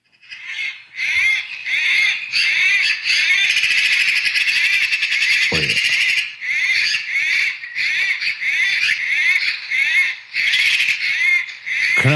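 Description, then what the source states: Eurasian magpie harsh chattering: dense, rapid rattling bursts with short gaps between runs, and a few dull low thumps. Magpies said to be fighting, though possibly mating; recorded as a video on a mobile phone.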